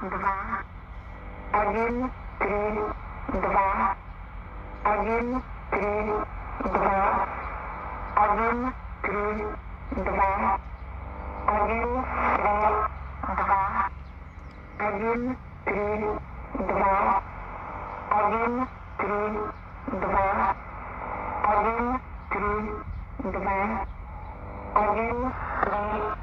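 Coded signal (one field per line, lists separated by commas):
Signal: numbers station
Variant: S06s Russian Lady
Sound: woman's voice reading short words at an even pace over a noisy AM signal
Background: radio static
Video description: 10250 kHz AM - S06s "Russian Lady" Numbers Station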